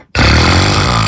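After a brief moment of quiet, a sudden, very loud, rough, low rattling sound holds steady for about a second. It is a single heavy snore from an adult man, the Queen City loudest snorer for 2025, so loud you can't sleep next to it.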